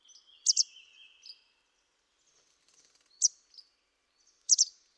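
Bird calls: loud chirps, some doubled, with a thin whistle and quieter chattering notes.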